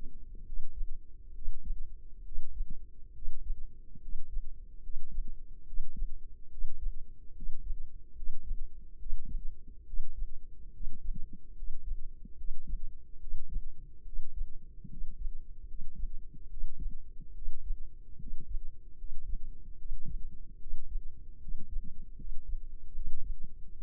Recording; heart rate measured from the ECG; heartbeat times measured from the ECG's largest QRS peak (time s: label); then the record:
heart sounds by microphone in the left ear; 72 bpm
0.43 s: heartbeat
1.32 s: heartbeat
2.22 s: heartbeat
3.12 s: heartbeat
3.99 s: heartbeat
4.80 s: heartbeat
5.64 s: heartbeat
6.48 s: heartbeat
7.32 s: heartbeat
8.13 s: heartbeat
8.96 s: heartbeat
9.83 s: heartbeat
10.70 s: heartbeat
11.53 s: heartbeat
12.34 s: heartbeat
13.17 s: heartbeat
14.02 s: heartbeat
14.87 s: heartbeat
15.64 s: heartbeat
16.47 s: heartbeat
17.32 s: heartbeat
18.16 s: heartbeat
18.94 s: heartbeat
19.75 s: heartbeat
20.56 s: heartbeat
21.38 s: heartbeat
22.14 s: heartbeat
22.91 s: heartbeat
23.74 s: heartbeat
From the record:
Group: healthy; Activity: rest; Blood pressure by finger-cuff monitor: 107/63 mmHg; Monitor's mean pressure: 74 mmHg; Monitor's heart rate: 71 bpm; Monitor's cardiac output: 5.2 L/min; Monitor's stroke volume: 72 mL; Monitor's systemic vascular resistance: 1040 dyn s/cm5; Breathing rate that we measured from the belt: 17 breaths a minute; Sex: male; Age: 20 years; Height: 167 cm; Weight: 61 kg